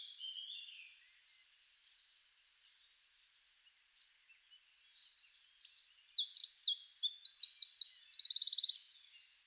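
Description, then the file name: Eurasian wren singing, soft scattered high notes at first, then a loud rushing phrase of sharp notes ending in a dry rapid trill. "Troglodytes troglodytes"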